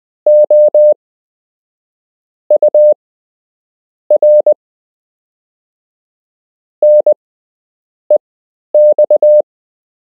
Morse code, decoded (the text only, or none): OUR NEX